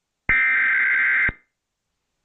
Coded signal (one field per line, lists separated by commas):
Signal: Emergency Alert System (SAME) tones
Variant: header bursts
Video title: EAS Emergency Alert System Channel: Tornado Warning in Oklahoma